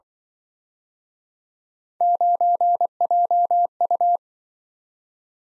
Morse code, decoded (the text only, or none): 9JU